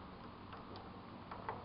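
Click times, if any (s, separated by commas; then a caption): none. A flathead screwdriver levers back the belt idler tensioner in the carriage drive of a Designjet 1055cm large-format printer, aiming to lock it in place and release the carriage belt tension. Over a steady low background, two brief sharp ticks sound at about 1.3 and 1.5 seconds. Nothing has seated or clicked into place yet.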